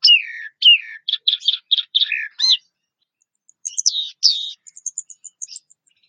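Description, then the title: Orange-headed thrush song: a run of clear descending whistles and slurred notes, a short pause, then higher jumbled chirps and thin trills. "Anis Merah"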